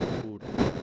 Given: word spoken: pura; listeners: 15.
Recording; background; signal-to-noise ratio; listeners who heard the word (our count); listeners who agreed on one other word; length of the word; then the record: one Spanish word in noise, from a listening test; noise modulated by one talker; -10.3 dB; 0 of 15; 8 of 15; 0.42 s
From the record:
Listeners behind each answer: 8, 3, 1, 1, 1, 1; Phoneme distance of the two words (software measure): 10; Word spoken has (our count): 2 syllables, 4 phonemes, stress on syllable 1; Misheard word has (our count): 2 syllables, 4 phonemes, stress on syllable 1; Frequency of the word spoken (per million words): 41.39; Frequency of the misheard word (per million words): 30.98